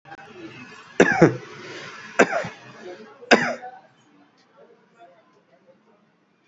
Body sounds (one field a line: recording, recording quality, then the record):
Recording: shallow voluntary cough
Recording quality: moderate, slight background noise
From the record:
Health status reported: healthy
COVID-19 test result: not tested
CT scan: not taken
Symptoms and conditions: none ticked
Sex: male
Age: 39 years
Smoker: no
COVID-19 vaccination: none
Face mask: not worn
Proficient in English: yes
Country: India